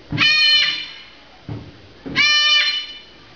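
Umbrella cockatoo giving two loud, drawn-out nasal calls, each about half a second long with a rich buzzy tone, separated by a soft low thump.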